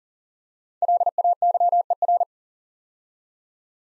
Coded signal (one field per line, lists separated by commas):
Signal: Morse code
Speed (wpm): 42 wpm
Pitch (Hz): 700 Hz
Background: none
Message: LAYER